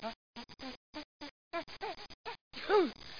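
A run of short, choppy voiced catches builds up over about two and a half seconds. It ends in one louder, noisy burst with a swooping voiced cry, an exaggerated single sneeze sound effect.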